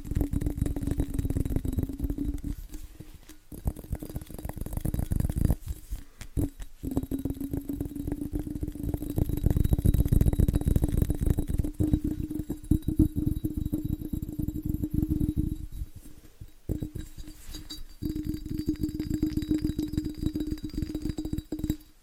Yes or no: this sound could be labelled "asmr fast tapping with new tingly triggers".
yes